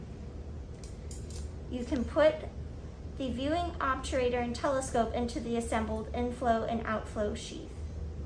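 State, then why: Not seated. Someone talks while handling the viewing obturator and telescope of a Wolf Princess resectoscope, about to insert them into the assembled inflow and outflow sheath. A few brief, sharp handling sounds come near 0.8, 1.1 and 1.3 s. Nothing has seated or clicked into place yet.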